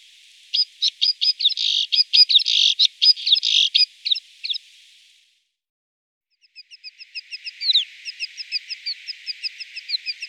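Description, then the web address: White-winged snowfinch uttering a fast series of harsh clipped chirps, then after a short silence a softer, thinner twittering sequence. "singvoegel gesang. roche 2004 schneesperling"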